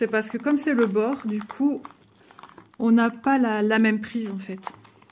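A hinged plastic compartment lid on the edge row of a plastic storage box, where there is less grip, is being handled and pressed toward closed while someone talks. Faint small taps and rustles come through between the speech. Nothing has seated or clicked yet.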